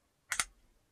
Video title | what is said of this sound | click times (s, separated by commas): How To Make A 12TC-OCC Signature Powercord | There we go, that's snapped back in. | 0.3 s, 0.4 s